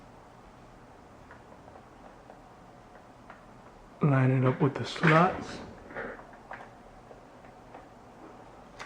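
A RAM module is lined up with the memory slot of an iMac before being pushed in, giving only faint handling ticks and taps against a quiet background. Someone talks briefly in the middle. Nothing has seated or clicked yet.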